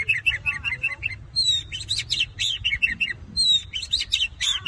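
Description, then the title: Long-tailed shrike song: a quick trill of short notes, then varied sweeping whistles and scratchy phrases that change in pitch. Combination song. "Cendet Kombinasi"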